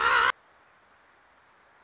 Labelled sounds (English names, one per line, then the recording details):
Wilson's Warbler
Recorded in Sonoma County, California